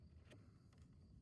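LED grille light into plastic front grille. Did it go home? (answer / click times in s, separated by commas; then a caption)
no / none. An aftermarket LED grille light is handled at the plastic front grille of a 2025 Ford Mustang Dark Horse during an RTR grille install, about to be pressed in from the front. A steady low rumble runs throughout, with brief broadband handling rustles near 0.3 s and 0.8 s. Nothing has seated or clicked yet.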